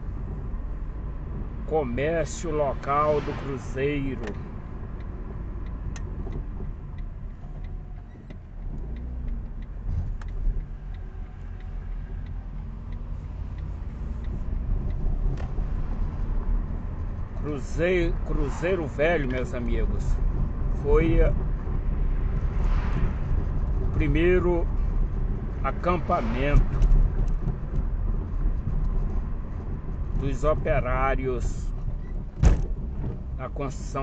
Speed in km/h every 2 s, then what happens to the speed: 33, 32, 26, 15, 17, 18, 23, 31, 32, 36, 38, 35, 33, 33, 31, 16, 21.
0-7 slows to 15. 11-19 speeds up to 38. 19-30 slows to 16.